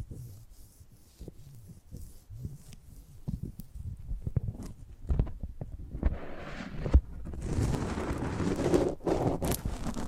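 Close-up handling of a microphone: soft low thumps and muffled rubbing for the first six seconds. After that the rubbing turns denser and scratchier, with hissy friction, a sharp knock near seven seconds, and brief gaps before it continues to the end.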